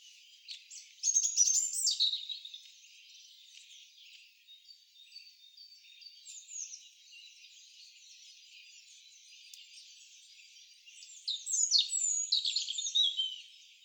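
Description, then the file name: European robin singing high, thin, tumbling warbled phrases with sliding whistles and trills; a loud opening phrase, a quieter twittering middle, then another bright cascade. "Erithacus rubecula"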